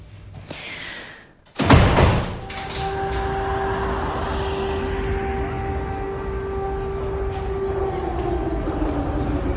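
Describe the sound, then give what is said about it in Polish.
An air raid alarm siren wails with a steady, sustained tone that slowly slides in pitch, following a loud thud at the start. No one speaks over it. “Bywa, że taki dźwięk, jak oglądasz gdzieś wiadomości i ten dźwięk alarmu.”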